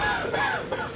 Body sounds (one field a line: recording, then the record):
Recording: coughing mixed with background sound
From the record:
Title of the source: Spring Cold Coughing 2